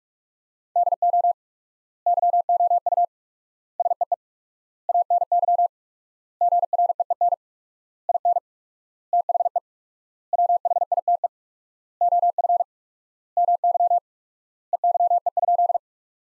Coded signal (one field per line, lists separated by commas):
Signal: Morse code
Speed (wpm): 43 wpm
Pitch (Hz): 700 Hz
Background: none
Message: DO YOU SEE ANY GREEN IN THE WHITE OF MY EYE?